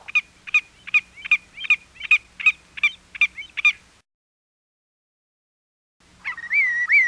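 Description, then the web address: Willet calls, a series of ten clipped ringing notes over about four seconds, then silence, then a whistled rolling phrase at the end. "101 Bird Songs. Willet"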